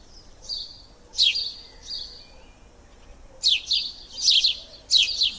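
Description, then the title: Birds giving scattered high chirps, a few isolated notes early, then a lively burst of quick downward-sliding chirps in the second half. Recorded in a park. "son parc oiseaux"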